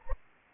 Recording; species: mosquito wingbeat signal from an infrared sensor; Anopheles arabiensis